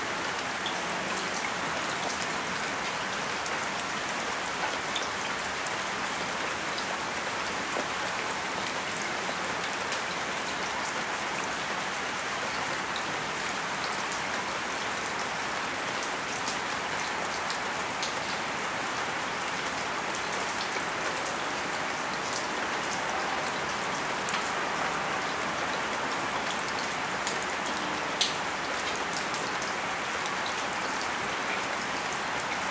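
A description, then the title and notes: Rain falls steadily in Los Angeles, a dense, even hiss that holds at the same level from start to finish. Fine crackling drops patter throughout, with a few sharper taps standing out near the middle and just before the end. Rain in Los Angeles.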